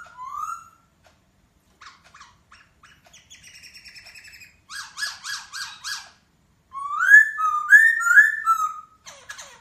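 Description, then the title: Masked laughingthrush song in short bursts: a rising whistle and soft chatter, then loud rising whistles and slurred, quavering notes separated by brief pauses. Song said to captivate other birds. "Suara Poksai Hongkong Memukau Burung Yang Lain"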